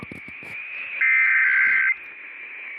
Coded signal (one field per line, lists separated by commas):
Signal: Emergency Alert System (SAME) tones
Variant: header bursts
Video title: GOODBYE 2018... EAS Alerts from 12/4/18 - 12/26/18 (EAS #1,942 - 1,963)